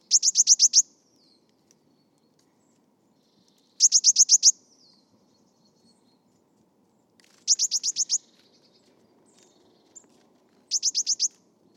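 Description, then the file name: Eurasian blue tit repeating a short, very high, rapid trill roughly every three and a half seconds, four times. "Cyanistes caeruleus"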